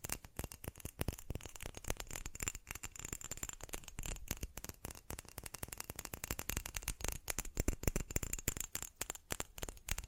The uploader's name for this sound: ASMR Fast Tapping